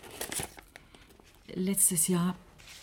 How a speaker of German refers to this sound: Sie öffnete mit einiger Mühe ihre Kunstlederhandtasche, nahm ein Blatt Papier heraus und hielt es ihm hin.